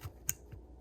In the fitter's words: hear the sound, you just did it click.